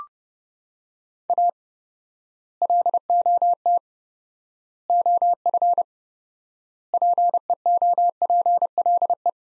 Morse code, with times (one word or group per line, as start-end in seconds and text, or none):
1.3-1.5 A
2.6-3.8 LOT
4.9-5.8 OF
6.9-9.3 PEOPLE